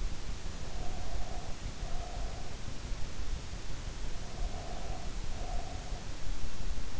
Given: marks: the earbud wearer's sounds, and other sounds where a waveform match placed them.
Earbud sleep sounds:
sounds in sleep by an in-ear microphone; breath
0.52-2.68 s: breath
4.21-6.17 s: breath

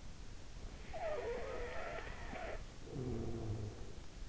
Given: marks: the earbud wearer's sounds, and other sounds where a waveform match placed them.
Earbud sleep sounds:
sounds in sleep by an in-ear microphone; snoring breath
0.75-4.04 s: snoring breath

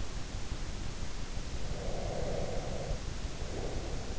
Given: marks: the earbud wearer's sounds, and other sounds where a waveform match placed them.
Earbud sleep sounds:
sounds in sleep by an in-ear microphone; breath
1.58-4.15 s: breath

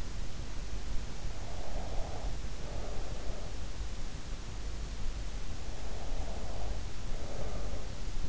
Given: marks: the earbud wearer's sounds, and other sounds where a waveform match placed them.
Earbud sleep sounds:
sounds in sleep by an in-ear microphone; breath
1.57-3.62 s: breath
6.09-8.29 s: breath

